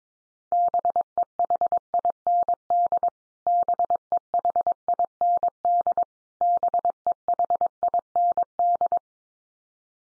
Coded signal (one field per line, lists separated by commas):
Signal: Morse code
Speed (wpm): 22 wpm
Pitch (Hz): 700 Hz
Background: none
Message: BEHIND BEHIND BEHIND